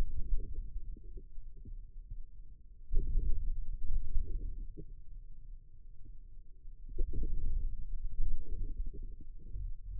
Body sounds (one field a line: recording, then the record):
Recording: forearm muscle sounds (acoustic myography)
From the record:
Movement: inward rotation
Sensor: system 2, bracelet of six BSWA MPA416 microphones around the upper forearm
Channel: 4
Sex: male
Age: 22 years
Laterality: right